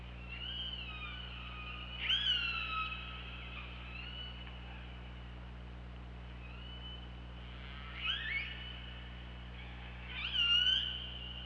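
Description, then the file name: Killer whale calls underwater, loud pulsed cries with sharp upsweeps in three bursts around two, eight and ten seconds, with quieter tones between, over low hum. OrcaLab hydrophone recording, 24 August 2017, 23:32:49. "Orca Lab UTLN JASON 20170824 233249"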